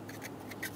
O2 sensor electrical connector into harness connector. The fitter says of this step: push until you hear a click if you don't give it a pull make sure it's locked on